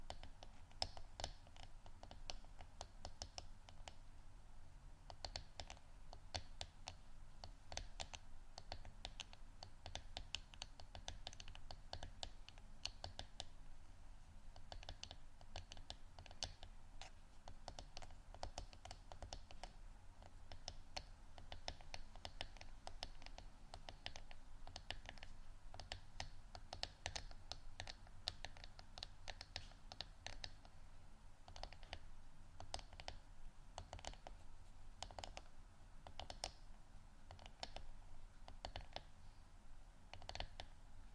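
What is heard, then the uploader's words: Rapid tapping continues for the whole clip, with dense, crisp clicks like fingernails on a hard surface or keys, falling in irregular clusters. The level stays fairly even throughout, over a low steady hum underneath, with occasional louder, sharper taps standing out. ASMR Tapping Only For Relaxation（No Talking）.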